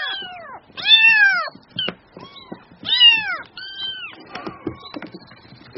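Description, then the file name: Cat: kitten meows, loud arched mews about two seconds apart, followed by softer scrappy calls and faint rustling. Kitten, mewing in a whiny, endearing way. "Tieng meo con keu nung niu de thuong"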